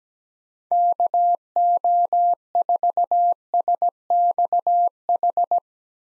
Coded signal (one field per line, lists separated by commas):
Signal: Morse code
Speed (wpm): 17 wpm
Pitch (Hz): 700 Hz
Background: none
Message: KO4SXH